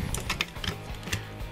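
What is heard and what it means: The plastic arm assembly of a Transformers Combiner Wars Devastator Titan combiner robot toy is raised all the way up, with short clicks and rattles from the plastic arm joint. The loudest, sharpest click comes at 0.4 s as the arm seats in its raised position, with smaller clicks around 0.2, 0.3, 0.7 and 1.1 s.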